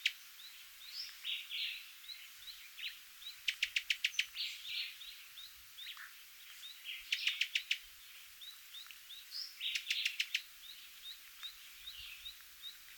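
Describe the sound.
Cuban tody calls: short bursts of rapid, sharp clicking notes, mixed with buzzy chirps and many brief upslurred notes throughout.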